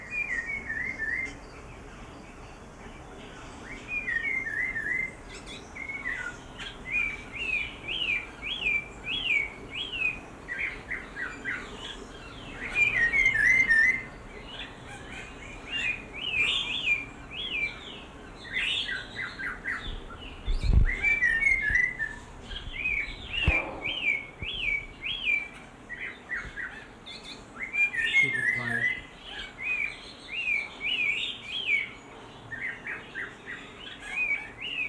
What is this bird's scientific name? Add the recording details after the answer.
Cossypha niveicapilla. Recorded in captivity. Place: Zoo Berlin, Berlin, DE. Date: 1992-07-11 10:38. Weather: bedeckt, z.T. Regen, 17-22°C. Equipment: Marantz CP 430, Sennheiser ME 80, Kopie Tesla B 116. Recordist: Tembrock, Günter